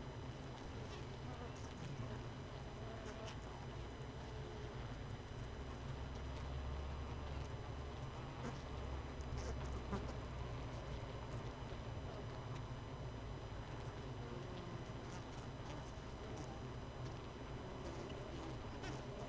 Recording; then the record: honeybee colony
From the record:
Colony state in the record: missing queen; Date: 31 May 2018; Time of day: 18:14